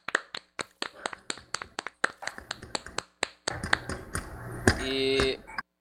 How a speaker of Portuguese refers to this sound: Uma salva de palmas aí para o nosso soldado